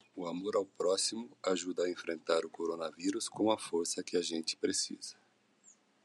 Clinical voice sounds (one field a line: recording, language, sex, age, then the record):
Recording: spoken sentence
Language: Brazilian Portuguese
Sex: male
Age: 50 to 59 years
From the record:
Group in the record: control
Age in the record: 56 years